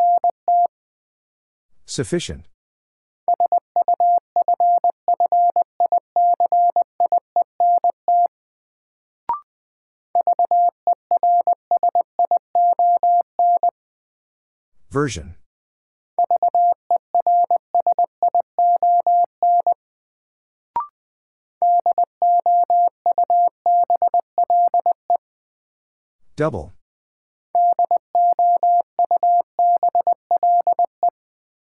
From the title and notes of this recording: New Word Drill - 20wpm. First, the word is sent in Morse code.